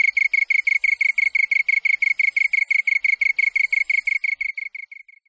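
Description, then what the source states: Japanese tree cricket song: regular, even rapid pulses that weaken and die away over the final second. Recorded 27 August 1997.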